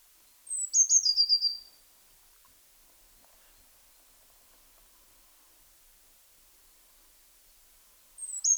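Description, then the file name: Eurasian blue tit uttering a high piercing note and a quick falling trill, then a second phrase beginning at the very end. "Cyanistes caeruleus"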